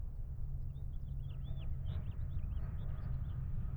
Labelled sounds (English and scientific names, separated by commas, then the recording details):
House Finch (Haemorhous mexicanus) song
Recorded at WGilgo Beach on Long Island, New York, on 22 May 1975
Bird A